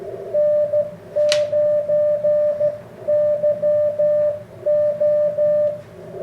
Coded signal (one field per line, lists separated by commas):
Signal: Morse code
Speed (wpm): 14 wpm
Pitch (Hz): 600 Hz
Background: none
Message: N9YO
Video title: iCoM 7300 Cw . begali paddle